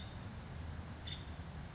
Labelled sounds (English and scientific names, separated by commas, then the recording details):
Nuttall's Woodpecker (Dryobates nuttallii)
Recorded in Sonoma County, California